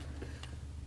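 The plastic secondary locking tab on the mass air flow sensor connector is pushed back into place after the connector is seated, during a cold air intake install on a 2013-and-up Dodge Ram with the active ram air system. A steady low hum runs underneath, and a single sharp snap at 0.4 s marks the tab locking back on.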